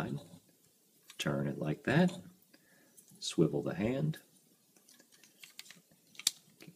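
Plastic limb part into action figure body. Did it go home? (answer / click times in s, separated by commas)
yes / 6.3 s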